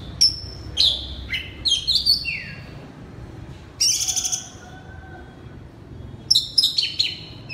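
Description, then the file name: Oriental magpie-robin delivering separated loud whistles and downward slurs, then a rich buzzy phrase and another cluster of sharp notes. Loud song in the ngeplong style. "suara kacer ngeplong keras"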